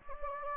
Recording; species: mosquito wingbeat signal from an infrared sensor; Anopheles gambiae